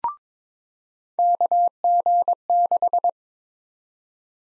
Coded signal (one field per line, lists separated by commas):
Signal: Morse code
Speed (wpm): 21 wpm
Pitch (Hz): 700 Hz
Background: none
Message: KG6